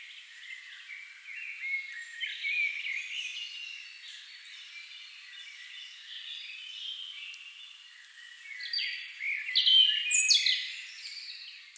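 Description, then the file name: European robin giving soft, rambling warbled phrases of high notes, swelling near the end into a brighter run of piercing whistles and quick trills. "Erithacus rubecula"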